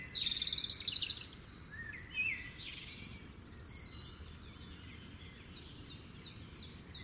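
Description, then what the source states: Birds singing: a quick twittering phrase at the start, a rising whistle, then a string of sharp descending chirps toward the end, over a soft background hiss. Morning birdsong in a forest, without music.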